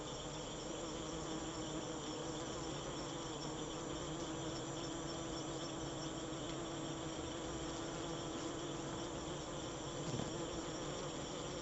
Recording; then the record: honeybee defence experiment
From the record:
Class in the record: alert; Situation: Africanized honeybees facing leafcutter ants (Atta)